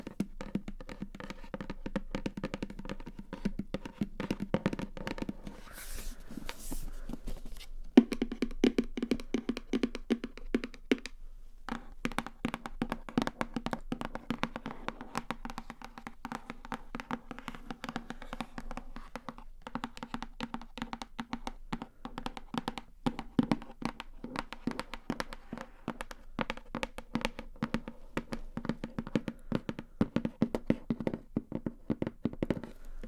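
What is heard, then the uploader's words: Tapping goes on throughout, quick and irregular, with dense clusters of light knocks over a steady low hum. Around six seconds there are a few brighter, sharper clicks, and near eleven seconds the sound briefly drops out before the tapping resumes. Tapping.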